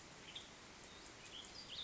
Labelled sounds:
Western Tanager (Piranga ludoviciana)
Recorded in Sonoma County, California

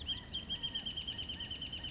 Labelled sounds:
California Quail (Callipepla californica)
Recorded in Sonoma County, California

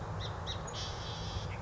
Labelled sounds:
Song Sparrow (Melospiza melodia)
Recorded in Sonoma County, California

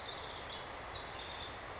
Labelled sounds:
House Wren (Troglodytes aedon)
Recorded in Sonoma County, California

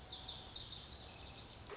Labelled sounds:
Pacific Wren (Troglodytes pacificus)
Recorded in Sonoma County, California

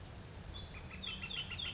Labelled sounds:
Northern Flicker (Colaptes auratus)
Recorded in Sonoma County, California

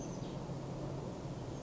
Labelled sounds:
Oak Titmouse (Baeolophus inornatus)
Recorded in Sonoma County, California

